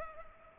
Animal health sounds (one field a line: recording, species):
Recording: mosquito wingbeat signal from an infrared sensor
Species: Culex pipiens